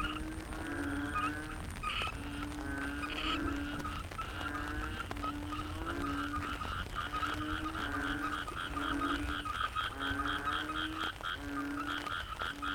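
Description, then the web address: Frogs calling together, repeated low drawn notes and rapid rattling croaks overlapping steadily throughout. Frogs in the Cherating wetlands, Malaysia. "yamaha frogs cherating wetlands. malaysia"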